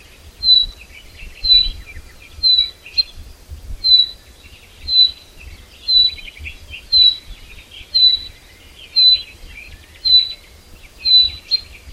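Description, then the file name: Common chaffinch giving a steady series of brief, sharp whistled notes, roughly one per second, with quieter twittering underneath. "Fringilla coelebs"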